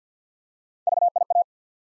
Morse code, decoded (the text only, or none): VIA